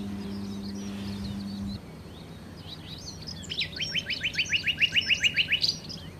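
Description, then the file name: Common nightingale song building from soft scattered notes into a loud, fast series of repeated chips; a low hum stops early on. "Nachtigall"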